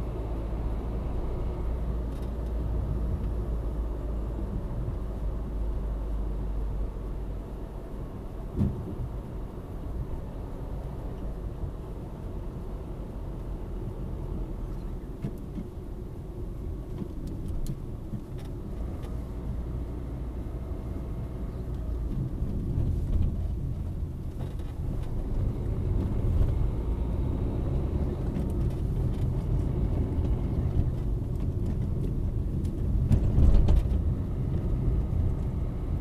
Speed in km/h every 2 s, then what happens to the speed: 60, 61, 55, 51, 49, 49, 45, 39, 34, 30, 30, 24, 20, 28, 34, 36, 30, 30.
3-18 slows to 30. 21-23 brakes to 20. 23-29 speeds up to 36.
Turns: none.